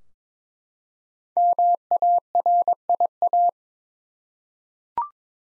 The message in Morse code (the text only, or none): MARIA